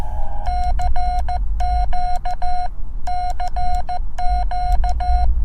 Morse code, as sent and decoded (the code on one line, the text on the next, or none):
-.-. --.- -.-. --.-
CQCQ